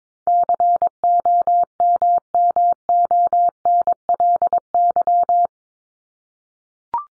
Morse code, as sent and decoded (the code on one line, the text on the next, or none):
-.-. --- -- -- --- -. .-.. -.--
COMMONLY